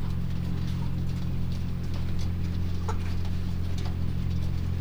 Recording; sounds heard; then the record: poultry house recording; sick chickens (respiratory disease)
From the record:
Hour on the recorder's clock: 19